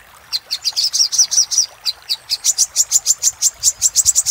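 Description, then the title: Little spiderhunter singing a steady string of high, sharp notes. Master recording used for training cage birds. "Masteran Burung Sogok Ontong Labaik"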